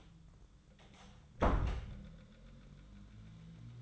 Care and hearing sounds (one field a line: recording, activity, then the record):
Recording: daily activity, microphone in the room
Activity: close door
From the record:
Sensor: 3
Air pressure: 1004.9 hPa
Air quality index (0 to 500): 75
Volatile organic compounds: 2 ppm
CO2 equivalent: 1128 ppm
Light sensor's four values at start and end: 8/20/8/8 and 8/20/8/8